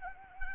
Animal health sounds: mosquito wingbeat signal from an infrared sensor; Anopheles arabiensis

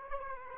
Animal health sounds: mosquito wingbeat signal from an infrared sensor; Aedes aegypti

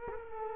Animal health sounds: mosquito wingbeat signal from an infrared sensor; Culex quinquefasciatus

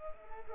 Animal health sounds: mosquito wingbeat signal from an infrared sensor; Culex pipiens

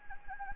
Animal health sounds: mosquito wingbeat signal from an infrared sensor; Anopheles gambiae

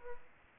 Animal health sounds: mosquito wingbeat signal from an infrared sensor; Aedes aegypti

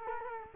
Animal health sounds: mosquito wingbeat signal from an infrared sensor; Culex quinquefasciatus

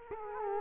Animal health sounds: mosquito wingbeat signal from an infrared sensor; Culex quinquefasciatus

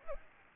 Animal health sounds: mosquito wingbeat signal from an infrared sensor; Aedes aegypti

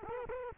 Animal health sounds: mosquito wingbeat signal from an infrared sensor; Culex quinquefasciatus

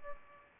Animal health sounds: mosquito wingbeat signal from an infrared sensor; Aedes aegypti

